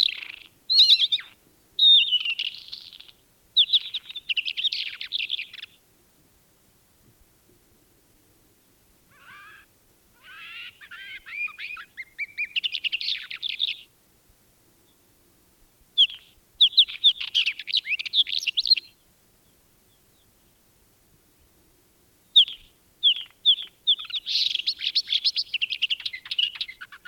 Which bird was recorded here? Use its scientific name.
Oenanthe isabellina